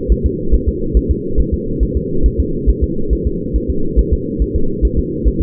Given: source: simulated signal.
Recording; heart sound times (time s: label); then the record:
fetal heart sounds
0.12 s: S1
0.26 s: S2
0.54 s: S1
0.69 s: S2
0.97 s: S1
1.11 s: S2
1.40 s: S1
1.54 s: S2
1.83 s: S1
1.97 s: S2
2.26 s: S1
2.40 s: S2
2.69 s: S1
2.83 s: S2
3.13 s: S1
3.27 s: S2
3.56 s: S1
3.70 s: S2
3.99 s: S1
4.13 s: S2
4.42 s: S1
4.56 s: S2
4.85 s: S1
4.99 s: S2
5.28 s: S1
5.42 s: S2
From the record:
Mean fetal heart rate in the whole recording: 140 bpm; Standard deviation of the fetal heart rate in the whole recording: 2 bpm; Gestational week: 34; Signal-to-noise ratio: -8.1 dB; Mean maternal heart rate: 72 bpm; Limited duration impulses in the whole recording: absent